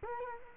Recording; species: mosquito wingbeat signal from an infrared sensor; Culex quinquefasciatus